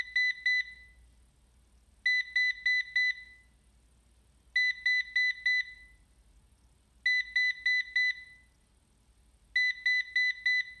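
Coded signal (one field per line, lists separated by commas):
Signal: beep code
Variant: Ecovacs DEEBOT robot vacuum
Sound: four quick high beeps, pause, repeated five times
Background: low room hum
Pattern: 4 short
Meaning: The robot vacuum is signalling an error after docking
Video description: Every time it would dock after vacuuming, it would wait about 1 minute then start beeping. It would beep 4 times, wait a few seconds, then beep another 4 times, repeating the process a total of 5 times.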